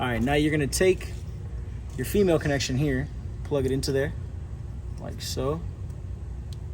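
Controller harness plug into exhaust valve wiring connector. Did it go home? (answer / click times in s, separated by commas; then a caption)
yes / 6.5 s. Someone talks while pushing the female plug of an SST exhaust valve controller harness into the exhaust valve wiring connector on a G8X. A small, sharp click is heard at 6.5 s, showing the plug has seated and is properly connected.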